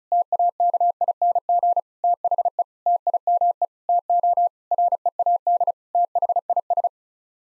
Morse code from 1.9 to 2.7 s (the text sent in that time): THE